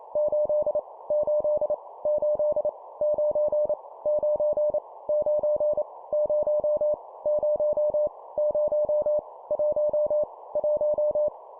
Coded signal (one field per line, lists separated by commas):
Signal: Morse code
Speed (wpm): 28 wpm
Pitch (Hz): 600 Hz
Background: none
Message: 8 8 8 9 9 9 0 0 0 1 1